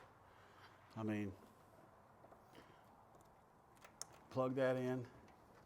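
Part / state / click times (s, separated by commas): wiring extender connector into ditch light harness plug / not seated / none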